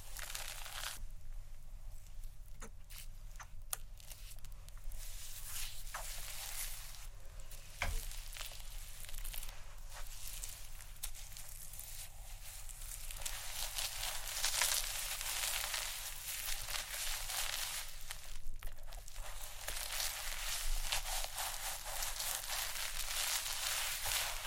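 Bright scratching and rubbing on a scalp and hair, dense and continuous, with brief sharp clicks and a low steady hum underneath.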